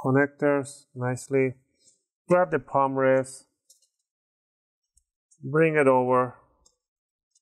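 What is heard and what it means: Someone talks while the plastic palm rest of a Dell Inspiron 14 3421 is picked up and brought over to the laptop base, ready to be aligned and squeezed home. Only faint, brief handling ticks are heard around 3.7, 5.0, 6.7 and 7.4 seconds between the talking. Nothing has seated or clicked yet.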